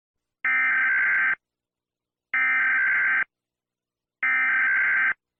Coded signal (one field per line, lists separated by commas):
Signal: Emergency Alert System (SAME) tones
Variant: header bursts